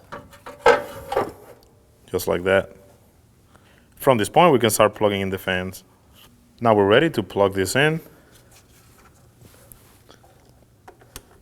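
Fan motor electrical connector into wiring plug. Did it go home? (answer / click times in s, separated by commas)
yes / 11.2 s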